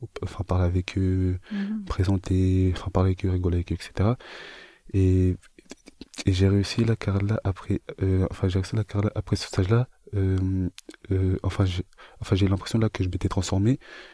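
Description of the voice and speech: Low-pitched speech from a young adult French man who stutters, with repeated phrases, drawn-out vowels, hesitant pauses and the frequent filler 'enfin'.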